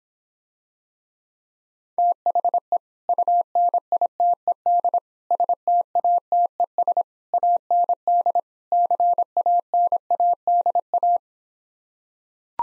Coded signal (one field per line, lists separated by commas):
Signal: Morse code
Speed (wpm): 26 wpm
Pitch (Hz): 700 Hz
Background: none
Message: THE UNITED STATES AND CANADA